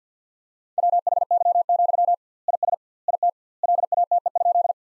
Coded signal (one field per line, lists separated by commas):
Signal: Morse code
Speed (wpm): 50 wpm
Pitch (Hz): 700 Hz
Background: none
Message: WHY, IS IT LATE?